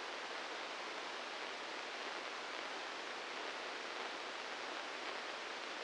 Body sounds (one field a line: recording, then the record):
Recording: brain microelectrode recording played as sound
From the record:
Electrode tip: inside the subthalamic nucleus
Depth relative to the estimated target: -1 mm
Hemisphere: right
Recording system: NeuroSet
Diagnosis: Parkinson's disease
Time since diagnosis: 15 years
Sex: female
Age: 59 years